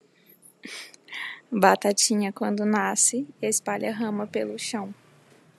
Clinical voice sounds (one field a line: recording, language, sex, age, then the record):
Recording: short text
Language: Brazilian Portuguese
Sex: female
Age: 20 to 29 years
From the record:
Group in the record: control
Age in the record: 22 years